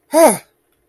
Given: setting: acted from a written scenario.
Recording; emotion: vocal sound without words; negative surprise